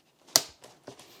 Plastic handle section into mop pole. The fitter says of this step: that locks into place as well